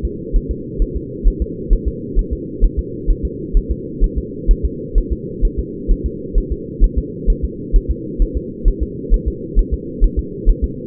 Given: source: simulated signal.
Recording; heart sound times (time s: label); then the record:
fetal heart sounds
0.05 s: S2
0.36 s: S1
0.51 s: S2
0.82 s: S1
0.97 s: S2
1.28 s: S1
1.42 s: S2
1.73 s: S1
1.88 s: S2
2.19 s: S1
2.33 s: S2
2.64 s: S1
2.79 s: S2
3.11 s: S1
3.25 s: S2
3.57 s: S1
3.72 s: S2
4.04 s: S1
4.18 s: S2
4.51 s: S1
4.65 s: S2
4.98 s: S1
5.12 s: S2
5.45 s: S1
5.59 s: S2
5.91 s: S1
6.06 s: S2
6.38 s: S1
6.52 s: S2
6.84 s: S1
6.98 s: S2
7.30 s: S1
7.44 s: S2
7.76 s: S1
7.91 s: S2
8.22 s: S1
8.37 s: S2
8.68 s: S1
8.83 s: S2
9.14 s: S1
9.28 s: S2
9.59 s: S1
9.74 s: S2
10.04 s: S1
10.19 s: S2
10.49 s: S1
10.64 s: S2
From the record:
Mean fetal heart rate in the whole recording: 130 bpm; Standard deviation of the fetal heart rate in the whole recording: 2 bpm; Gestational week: 38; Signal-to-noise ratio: -4.1 dB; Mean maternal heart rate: no maternal heart sound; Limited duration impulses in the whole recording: absent